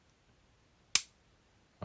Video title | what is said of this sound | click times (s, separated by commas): Quick cleaning - Beretta Mod 96 (.40 S&W) | And then I'll slowly release and you should hear a clunk. | 1.0 s